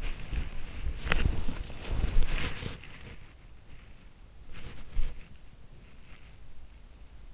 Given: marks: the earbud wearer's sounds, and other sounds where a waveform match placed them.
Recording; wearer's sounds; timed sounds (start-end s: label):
sounds in sleep by an in-ear microphone; body movement
0.00-3.22 s: body movement
4.39-5.37 s: body movement